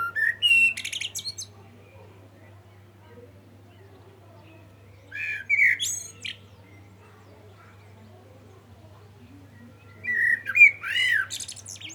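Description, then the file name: Common blackbird song: three separate phrases of low mellow whistles ending in high squeaky twitters, spaced about five seconds apart, with a faint hum. "Turdus merula"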